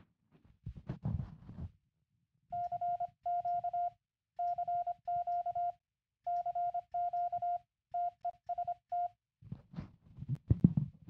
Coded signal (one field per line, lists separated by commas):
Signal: Morse code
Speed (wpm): 25 wpm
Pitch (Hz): 700 Hz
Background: none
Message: CQ CQ CQ TEST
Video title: Raspberry Pi - morse code practice oscillator - remotely keyed over WIFI